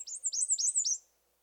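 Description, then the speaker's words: American Redstart song, a short burst of several very high, sharply slurred notes delivered rapidly. Male alternating his various songs, giving a variety of phrases. "Finally, listen to a bird that is alternating his various songs."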